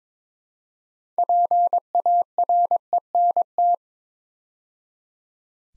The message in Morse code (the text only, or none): PARENT